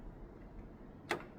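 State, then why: Seated. A blood test cartridge is pushed fully into its slot in a blood analyzer, with only a faint low background hum beforehand. A single short, sharp click sounds at 1.1 s as the cartridge seats, confirming it is fully inserted.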